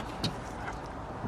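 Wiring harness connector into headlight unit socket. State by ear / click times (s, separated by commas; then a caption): seated / 0.2 s. A wiring harness plug with little slack is flipped into the socket on the back of a replacement ST/RS headlight unit on a Mk3.5 Ford Focus SE. It gives a short sharp click at 0.2 s over a low background hum, and the connector is confirmed fully clipped in.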